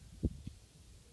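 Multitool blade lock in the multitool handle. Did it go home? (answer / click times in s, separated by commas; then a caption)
no / none. A tool on a stainless-steel Leatherman Surge multitool is being opened against the blade lock in the multitool handle, heard as a low thump near 0.3 s, quiet handling, and a faint short tick near 1.2 s. The clip ends before the part goes home; nothing has seated or clicked yet.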